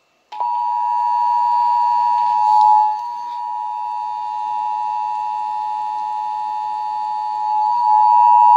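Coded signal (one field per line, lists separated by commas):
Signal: Emergency Alert System (SAME) tones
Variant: 853 and 960 Hz attention tone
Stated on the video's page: National Periodic Test aired on WSPA-FM and WESC-FM.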